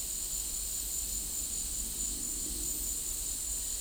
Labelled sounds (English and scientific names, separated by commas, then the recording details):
none
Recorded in dense forest near Puerto Asís, Putumayo, Colombia, on 4 March 2025 at 11:30
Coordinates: 0.499, -76.324
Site GP03